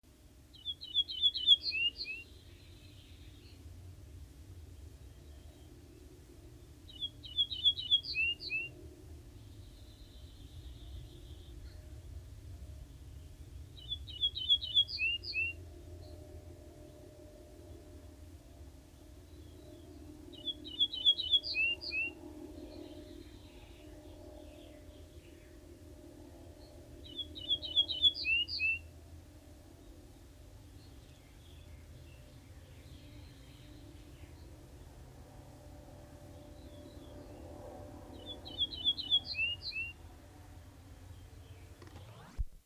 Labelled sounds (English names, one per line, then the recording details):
Ortolan Bunting song
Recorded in the wild
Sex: male
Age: adult
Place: Walsrode, OT Hamwiede, Lüneburger Heide, Niedersachsen, DE
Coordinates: 52.8964, 9.45972
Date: 1970-05-24
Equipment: Uher 4000 Report-S, Bändchenmikro Beyer M 260, Parabolspiegel Polyester (470 mm)
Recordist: Conrads, Klaus
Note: Männchen (Walsrode 9): Mischsänger - Wendland/Walsrode